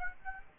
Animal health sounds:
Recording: mosquito wingbeat signal from an infrared sensor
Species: Aedes aegypti

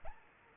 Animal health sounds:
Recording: mosquito wingbeat signal from an infrared sensor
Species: Anopheles arabiensis

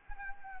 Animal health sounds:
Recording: mosquito wingbeat signal from an infrared sensor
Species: Anopheles arabiensis

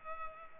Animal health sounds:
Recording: mosquito wingbeat signal from an infrared sensor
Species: Culex pipiens

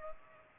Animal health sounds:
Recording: mosquito wingbeat signal from an infrared sensor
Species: Culex pipiens

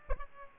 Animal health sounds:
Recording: mosquito wingbeat signal from an infrared sensor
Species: Aedes albopictus

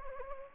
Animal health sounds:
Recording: mosquito wingbeat signal from an infrared sensor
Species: Anopheles gambiae

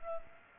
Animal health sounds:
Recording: mosquito wingbeat signal from an infrared sensor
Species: Culex pipiens

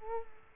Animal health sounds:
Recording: mosquito wingbeat signal from an infrared sensor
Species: Culex quinquefasciatus

